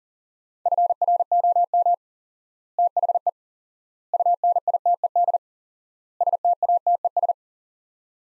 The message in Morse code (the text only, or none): FROM THE UNITED STATES